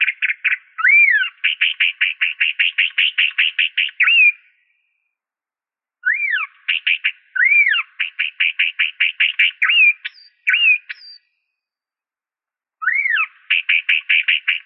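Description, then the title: Bird song in three bouts of rapid repeated notes mixed with looping upslurred whistles, the first two each running several seconds before a pause. "LuckyPassaros CompletosSama"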